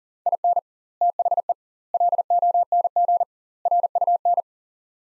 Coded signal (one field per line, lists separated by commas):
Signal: Morse code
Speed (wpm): 40 wpm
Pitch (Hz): 700 Hz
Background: none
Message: IN THE LONG RUN